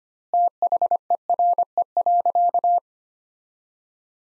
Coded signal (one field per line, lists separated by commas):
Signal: Morse code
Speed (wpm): 25 wpm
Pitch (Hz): 700 Hz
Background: none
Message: THERE.